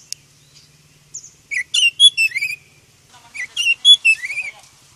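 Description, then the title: Oriental magpie-robin song in two bursts of varied whistled notes, sweet slurs mixed with high chirps, separated by a short pause. "KACER HITAM"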